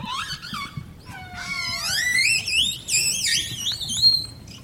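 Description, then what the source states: Orca whistles, a busy sequence of wavering high tones, some rising steeply and others undulating, over faint low background noise. Whistles, from a recording played in the programme.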